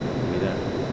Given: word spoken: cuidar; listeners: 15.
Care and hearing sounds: one Spanish word in noise, from a listening test; speech-shaped noise; -4.0 dB; 2 of 15; 8 of 15; 0.52 s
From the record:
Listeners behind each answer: 8, 3, 2, 1, 1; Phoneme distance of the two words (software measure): 27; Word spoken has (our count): 2 syllables, 6 phonemes, stress on syllable 2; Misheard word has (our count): 2 syllables, 5 phonemes, stress on syllable 2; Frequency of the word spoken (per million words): 13.40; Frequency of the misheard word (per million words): 49.50

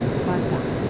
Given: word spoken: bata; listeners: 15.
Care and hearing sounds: one Spanish word in noise, from a listening test; speech-shaped noise; -5.5 dB; 2 of 15; 8 of 15; 0.50 s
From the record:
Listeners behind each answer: 8, 3, 2, 1, 1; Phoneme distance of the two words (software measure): 17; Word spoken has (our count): 2 syllables, 4 phonemes, stress on syllable 1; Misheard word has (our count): 2 syllables, 5 phonemes, stress on syllable 1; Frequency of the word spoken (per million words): 9.20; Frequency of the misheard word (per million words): 243.81

